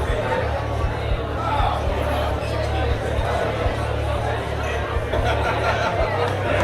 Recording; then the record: background sound without coughing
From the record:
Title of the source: CITY SOUNDS Busy Bar in the Evening Night - 2 HOURS of Ambiance for Relaxation